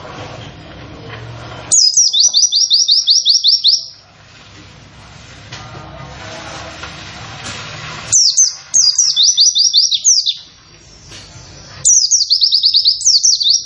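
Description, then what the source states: White-eye song: three bursts of rapid, high, downslurred 'wit' notes run together in long strings, separated by pauses with a low background hum. Long 'wit wit wit' song delivered in the 'nembak' style; the bird is described as 'gacor', actively singing.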